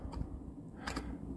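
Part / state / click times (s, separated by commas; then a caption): macro extender onto a manual-focus macro lens mount / not seated / none. A dedicated macro extender with a Pentax mount is tried on a vintage Tokina AT-X M90 90 mm manual-focus macro lens with a Fuji AX mount. Short metallic taps of the parts touching come at 0.1, 0.9 and 1.0 s. Nothing seats or clicks, because the mounts are different and the extender does not fit.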